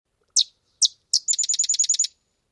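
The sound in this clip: Sedge Wren song: three separate sharp, high chips followed by a fast, dry staccato trill of about eight rapid notes.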